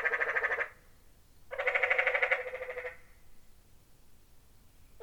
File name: Quiet American - Canyon Tree Frog